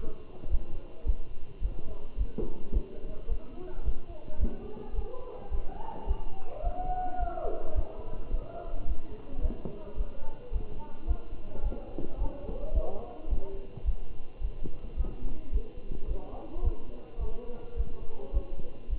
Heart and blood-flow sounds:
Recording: heart sounds by stethoscope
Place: between the tricuspid and mitral areas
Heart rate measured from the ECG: 108 bpm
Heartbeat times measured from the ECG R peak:
0.52 s: heartbeat
1.07 s: heartbeat
1.63 s: heartbeat
2.19 s: heartbeat
2.75 s: heartbeat
3.30 s: heartbeat
3.86 s: heartbeat
4.41 s: heartbeat
4.97 s: heartbeat
5.53 s: heartbeat
6.09 s: heartbeat
6.65 s: heartbeat
7.21 s: heartbeat
7.76 s: heartbeat
8.33 s: heartbeat
8.89 s: heartbeat
9.43 s: heartbeat
9.99 s: heartbeat
10.54 s: heartbeat
11.09 s: heartbeat
11.64 s: heartbeat
12.20 s: heartbeat
12.75 s: heartbeat
13.31 s: heartbeat
13.86 s: heartbeat
14.43 s: heartbeat
14.98 s: heartbeat
15.54 s: heartbeat
16.10 s: heartbeat
16.65 s: heartbeat
17.21 s: heartbeat
17.78 s: heartbeat
18.35 s: heartbeat
18.91 s: heartbeat
From the record:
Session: Bruce protocol treadmill stress test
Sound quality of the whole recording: good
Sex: male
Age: 27 years

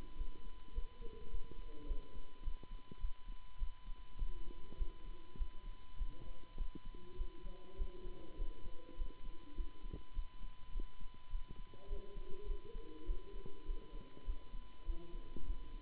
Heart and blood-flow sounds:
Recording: heart sounds by stethoscope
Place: between the tricuspid and mitral areas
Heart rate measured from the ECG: 102 bpm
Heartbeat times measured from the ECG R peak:
0.14 s: heartbeat
0.71 s: heartbeat
1.28 s: heartbeat
1.84 s: heartbeat
2.41 s: heartbeat
2.98 s: heartbeat
3.56 s: heartbeat
4.15 s: heartbeat
4.75 s: heartbeat
5.35 s: heartbeat
5.95 s: heartbeat
6.55 s: heartbeat
7.14 s: heartbeat
7.74 s: heartbeat
8.35 s: heartbeat
8.94 s: heartbeat
9.53 s: heartbeat
10.12 s: heartbeat
10.70 s: heartbeat
11.28 s: heartbeat
11.85 s: heartbeat
12.44 s: heartbeat
13.03 s: heartbeat
13.63 s: heartbeat
14.22 s: heartbeat
14.83 s: heartbeat
15.43 s: heartbeat
From the record:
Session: Bruce protocol treadmill stress test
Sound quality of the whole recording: good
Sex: male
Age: 26 years

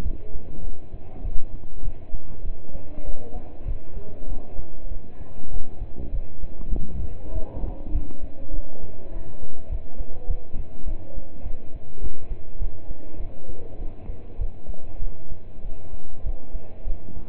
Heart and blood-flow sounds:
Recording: heart sounds by stethoscope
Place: between the tricuspid and mitral areas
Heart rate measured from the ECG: 100 bpm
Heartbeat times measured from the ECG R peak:
0.06 s: heartbeat
0.64 s: heartbeat
1.24 s: heartbeat
1.84 s: heartbeat
2.45 s: heartbeat
3.06 s: heartbeat
3.67 s: heartbeat
4.29 s: heartbeat
4.91 s: heartbeat
5.53 s: heartbeat
6.14 s: heartbeat
6.74 s: heartbeat
7.34 s: heartbeat
7.94 s: heartbeat
8.53 s: heartbeat
9.13 s: heartbeat
9.71 s: heartbeat
10.29 s: heartbeat
10.87 s: heartbeat
11.45 s: heartbeat
12.03 s: heartbeat
12.61 s: heartbeat
13.20 s: heartbeat
13.80 s: heartbeat
14.40 s: heartbeat
15.02 s: heartbeat
15.64 s: heartbeat
16.25 s: heartbeat
16.87 s: heartbeat
From the record:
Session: pedaling a stationary bicycle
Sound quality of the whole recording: partially saturated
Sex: male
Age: 27 years

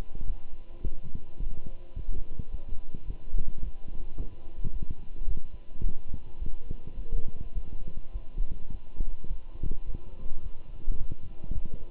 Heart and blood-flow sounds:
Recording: heart sounds by stethoscope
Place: between the tricuspid and mitral areas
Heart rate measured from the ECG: 106 bpm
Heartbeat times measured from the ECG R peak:
0.27 s: heartbeat
0.84 s: heartbeat
1.40 s: heartbeat
1.95 s: heartbeat
2.51 s: heartbeat
3.07 s: heartbeat
3.62 s: heartbeat
4.17 s: heartbeat
4.72 s: heartbeat
5.28 s: heartbeat
5.83 s: heartbeat
6.39 s: heartbeat
6.96 s: heartbeat
7.55 s: heartbeat
8.13 s: heartbeat
8.71 s: heartbeat
9.29 s: heartbeat
9.86 s: heartbeat
10.43 s: heartbeat
10.99 s: heartbeat
11.54 s: heartbeat
From the record:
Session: walking at 3.7 km/h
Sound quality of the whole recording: good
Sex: male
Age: 24 years

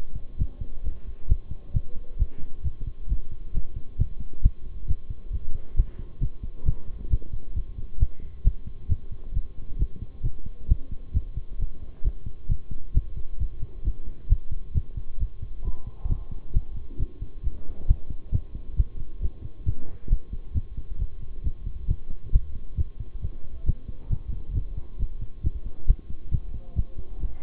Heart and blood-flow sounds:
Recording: heart sounds by stethoscope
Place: between the tricuspid and mitral areas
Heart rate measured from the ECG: 134 bpm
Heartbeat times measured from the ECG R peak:
0.38 s: heartbeat
0.84 s: heartbeat
1.28 s: heartbeat
1.74 s: heartbeat
2.19 s: heartbeat
2.64 s: heartbeat
3.09 s: heartbeat
3.54 s: heartbeat
3.98 s: heartbeat
4.43 s: heartbeat
4.87 s: heartbeat
5.32 s: heartbeat
5.76 s: heartbeat
6.21 s: heartbeat
6.65 s: heartbeat
7.10 s: heartbeat
7.55 s: heartbeat
8.00 s: heartbeat
8.44 s: heartbeat
8.89 s: heartbeat
9.34 s: heartbeat
9.79 s: heartbeat
10.23 s: heartbeat
10.68 s: heartbeat
11.14 s: heartbeat
11.59 s: heartbeat
12.04 s: heartbeat
12.49 s: heartbeat
12.94 s: heartbeat
13.39 s: heartbeat
13.84 s: heartbeat
14.29 s: heartbeat
14.74 s: heartbeat
15.19 s: heartbeat
15.64 s: heartbeat
16.09 s: heartbeat
16.54 s: heartbeat
16.99 s: heartbeat
17.43 s: heartbeat
17.88 s: heartbeat
18.32 s: heartbeat
18.77 s: heartbeat
19.21 s: heartbeat
19.66 s: heartbeat
20.10 s: heartbeat
20.54 s: heartbeat
20.99 s: heartbeat
21.44 s: heartbeat
21.88 s: heartbeat
22.32 s: heartbeat
22.77 s: heartbeat
23.22 s: heartbeat
23.66 s: heartbeat
24.10 s: heartbeat
24.54 s: heartbeat
24.99 s: heartbeat
25.43 s: heartbeat
25.87 s: heartbeat
26.31 s: heartbeat
26.76 s: heartbeat
27.20 s: heartbeat
From the record:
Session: bicycle stress test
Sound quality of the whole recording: good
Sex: male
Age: 23 years

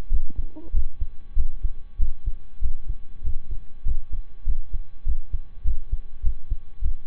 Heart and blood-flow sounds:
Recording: heart sounds by stethoscope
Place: between the tricuspid and mitral areas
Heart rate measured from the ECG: 98 bpm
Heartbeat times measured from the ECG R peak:
0.07 s: heartbeat
0.70 s: heartbeat
1.33 s: heartbeat
1.96 s: heartbeat
2.58 s: heartbeat
3.21 s: heartbeat
3.82 s: heartbeat
4.43 s: heartbeat
5.02 s: heartbeat
5.61 s: heartbeat
6.20 s: heartbeat
6.79 s: heartbeat
From the record:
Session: slow and fast walking with breaks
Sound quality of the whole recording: saturated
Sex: male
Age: 25 years

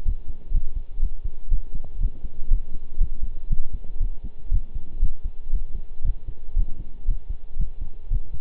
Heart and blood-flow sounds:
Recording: heart sounds by stethoscope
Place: between the tricuspid and mitral areas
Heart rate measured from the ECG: 119 bpm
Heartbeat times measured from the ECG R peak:
0.05 s: heartbeat
0.54 s: heartbeat
1.02 s: heartbeat
1.51 s: heartbeat
2.00 s: heartbeat
2.51 s: heartbeat
3.00 s: heartbeat
3.50 s: heartbeat
4.00 s: heartbeat
4.51 s: heartbeat
5.02 s: heartbeat
5.53 s: heartbeat
6.04 s: heartbeat
6.56 s: heartbeat
7.08 s: heartbeat
7.59 s: heartbeat
8.11 s: heartbeat
From the record:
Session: pedaling a stationary bicycle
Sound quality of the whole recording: partially saturated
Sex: male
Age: 23 years

